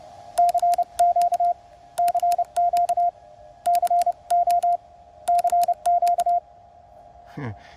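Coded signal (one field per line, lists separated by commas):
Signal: Morse code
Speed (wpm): 32 wpm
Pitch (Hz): 700 Hz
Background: speech, radio noise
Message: CQ CQ CO CQ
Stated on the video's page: Factory-built 20m QCX-mini CW-only transceiver, 5W output with QSK, into a 20m mono-band end-fed half-wave wire antenna.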